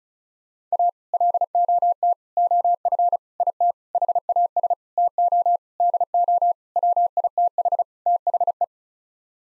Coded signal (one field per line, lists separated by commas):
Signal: Morse code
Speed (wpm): 36 wpm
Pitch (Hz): 700 Hz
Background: none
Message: A LOT OF IT HAS TO DO WITH THE